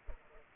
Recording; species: mosquito wingbeat signal from an infrared sensor; Culex pipiens